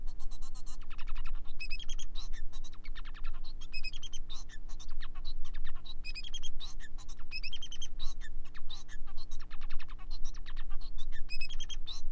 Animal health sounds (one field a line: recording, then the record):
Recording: song of a male Bengalese finch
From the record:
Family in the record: son of father 4